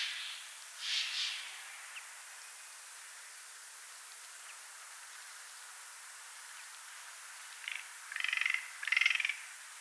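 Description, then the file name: Eurasian jay giving harsh, rasping screeches: two short bursts near the start, then a louder cluster of three grating calls toward the end, over a steady background hiss. "Garrulus glandarius"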